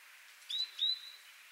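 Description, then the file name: Great tit call: two short, high, slightly rising whistled notes in quick succession over soft background hiss. "Parus major"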